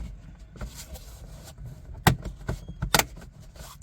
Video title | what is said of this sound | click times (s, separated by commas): FITCAMX 4K Dash Cam Install and Review #hyundai #veloster #velostern #dashcam #autocam | Get that all snapped into place and it's good to go. | 2.1 s, 3.0 s